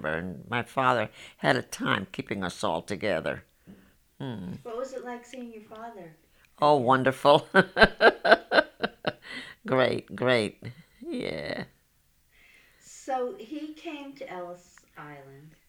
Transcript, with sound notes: And my father had a time keeping us all together.
What was it like seeing your father?
Oh, wonderful. ( she laughs ) Great, great. Yeah.
So he came to Ellis Island.